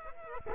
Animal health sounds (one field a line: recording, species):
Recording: mosquito wingbeat signal from an infrared sensor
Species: Culex quinquefasciatus